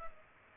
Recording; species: mosquito wingbeat signal from an infrared sensor; Culex pipiens